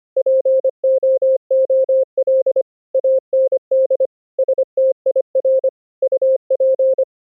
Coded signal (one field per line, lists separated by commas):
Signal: Morse code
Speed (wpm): 25 wpm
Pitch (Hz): 530 Hz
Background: none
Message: POOL AND STIR UP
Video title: Morse Code over ip: Network Tools to evaluate condition of internet 2-way full duplex packet pathway